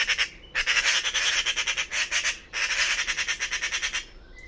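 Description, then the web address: Bird uttering two extended bouts of rapid grating, pulsed squawks, with a brief softer note near the end. "cianscape birddata Deverinetal 2025"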